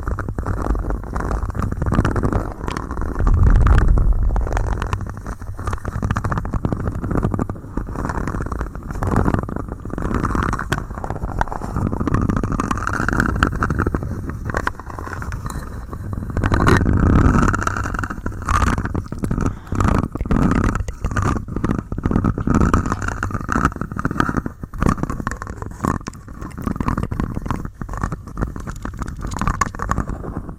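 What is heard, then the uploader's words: Scratching fills the recording with dense, continuous rustle, made of rapid short strokes that come in irregular bursts. The sound is mostly low and mid, with little brightness, and swells slightly louder around three seconds and again near seventeen seconds. ASMR scratching you to sleep.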